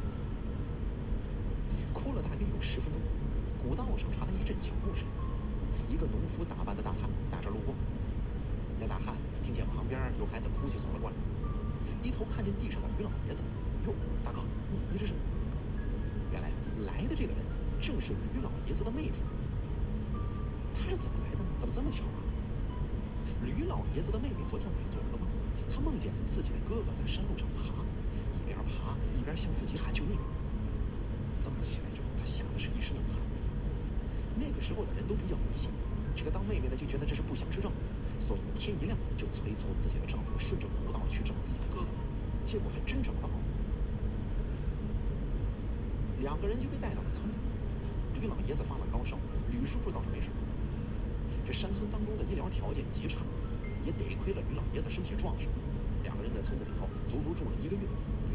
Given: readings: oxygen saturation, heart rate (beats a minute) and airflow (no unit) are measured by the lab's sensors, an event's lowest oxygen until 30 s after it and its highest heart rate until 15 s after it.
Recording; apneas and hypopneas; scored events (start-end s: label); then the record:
a person awake in a sleep study, by a smartphone at the bedside; none
0.00-58.35 s: awake
From the record:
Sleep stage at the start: awake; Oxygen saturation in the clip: 93 to 96%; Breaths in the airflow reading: 17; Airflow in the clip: -1.5 to 2.4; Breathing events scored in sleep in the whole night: 335 in 6.7 hours asleep